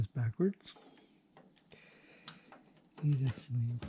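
Someone talks, then a PC component that was facing backwards is turned around and lined up with its slot, making quiet handling noises and faint ticks between about 1.0 and 2.8 s, the sharpest near 2.3 s. Someone talks again at the end. Nothing has seated or clicked yet.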